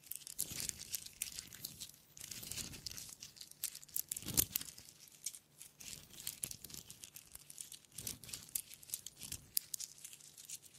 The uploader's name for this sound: Wood Triggers